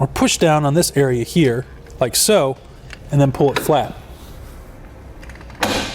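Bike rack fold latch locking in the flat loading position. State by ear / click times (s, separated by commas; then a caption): seated / 5.6 s. Someone talks while a Kuat NV 2.0 two-bike rack, secured in a hitch, is released by pushing down on its foot area and pulled flat into the loading position. A few faint ticks are followed by a sharp latch click at 5.6 s as the rack locks flat.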